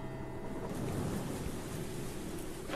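Heavy, steady rain hisses across the whole stretch, with a deep low rumble underneath suggesting thunder amid flashes of lightning, sustained and fairly loud with no voices.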